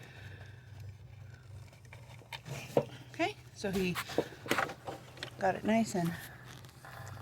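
A fuel evap purge solenoid on a 2015 Chevy Equinox, its O-ring lubricated with engine oil from the dipstick, is handled and pushed toward its engine mounting port during a replacement for a P0946 error. Someone talks over a steady low hum while short handling knocks and rustles are heard. The clip ends before the part goes home, so nothing has seated or snapped yet.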